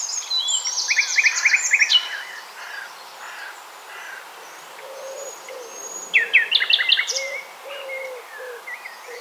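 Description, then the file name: Common nightingale delivering two bursts of fast repeated notes and sharp whistled phrases, with a quieter stretch between them and constant background hiss. "Luscinia megarhynchos"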